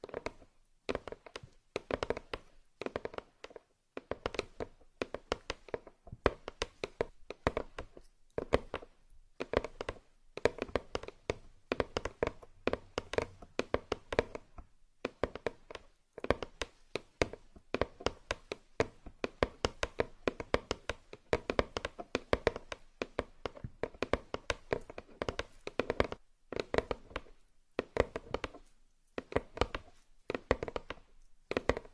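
Fingers tap and knock on a box and a massage mat, the sharp dry hits coming in quick irregular bursts with brief pauses. The taps sound crisp, some soft and muffled, others brighter, continuing steadily for the whole stretch.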